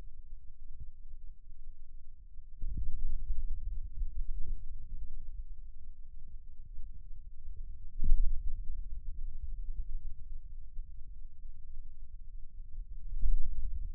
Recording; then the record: forearm muscle sounds (acoustic myography)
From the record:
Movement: finger pinch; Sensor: system 2, bracelet of six BSWA MPA416 microphones around the upper forearm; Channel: 1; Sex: male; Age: 22 years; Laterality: right